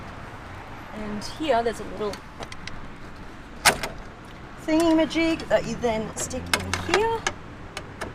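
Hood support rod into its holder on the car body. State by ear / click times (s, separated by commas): not seated / none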